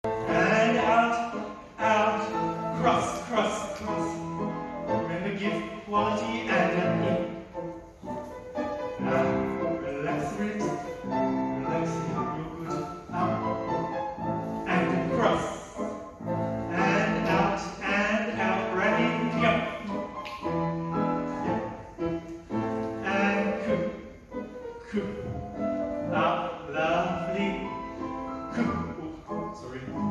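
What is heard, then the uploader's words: A ballet rehearsal with a dense, steady wash of music filling the room throughout, sustained tones layered with brighter upper parts and a firm low end. Swells rise and ease every few seconds, and a voice seems to speak faintly beneath the music. Vienna State Opera ballet rehearsal youth company. Klavier: Seul Lee. Among the highlights were the ballet rehearsals in the Great Ballet Hall of the Vienna State Opera. Ballet rehearsal of the youth company at the Vienna State Opera.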